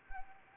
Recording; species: mosquito wingbeat signal from an infrared sensor; Anopheles gambiae